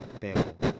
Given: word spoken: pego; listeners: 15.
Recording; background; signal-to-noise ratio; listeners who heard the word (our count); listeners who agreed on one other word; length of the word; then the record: one Spanish word in noise, from a listening test; noise modulated by one talker; -7.9 dB; 3 of 15; 7 of 15; 0.40 s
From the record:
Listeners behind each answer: 7, 3, 1, 1, 1, 1, 1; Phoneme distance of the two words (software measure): 10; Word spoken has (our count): 2 syllables, 4 phonemes, stress on syllable 1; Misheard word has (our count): 2 syllables, 4 phonemes, stress on syllable 1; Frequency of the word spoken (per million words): 1.59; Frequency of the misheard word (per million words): 44.48